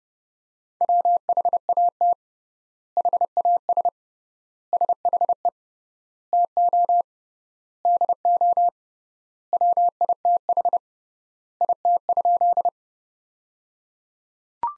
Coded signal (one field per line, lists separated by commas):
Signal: Morse code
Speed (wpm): 30 wpm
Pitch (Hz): 700 Hz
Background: none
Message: WHAT HAS SHE TO DO WITH IT?